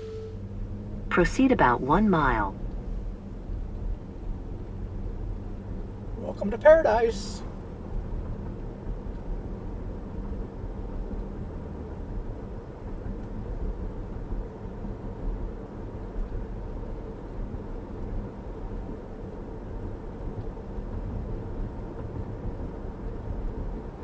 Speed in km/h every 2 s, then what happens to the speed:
24, 37, 42, 47, 52, 55, 58, 60, 60, 60, 61, 61.
0-9 speeds up to 55. 9-24 steady at about 60.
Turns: none.